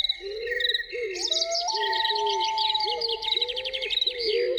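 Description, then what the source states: Loon gives repeated short rising notes together with a sustained wail, over busy twittering birds and chirping insects. Loons heard in the evening.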